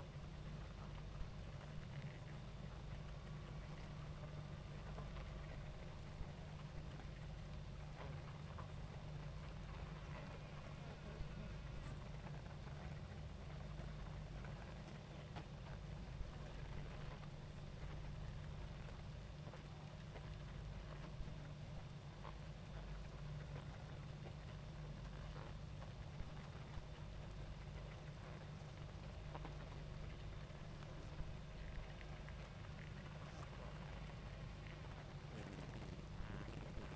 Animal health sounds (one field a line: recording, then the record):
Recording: honeybee colony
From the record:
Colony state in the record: active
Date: 28 July 2017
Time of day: 20:27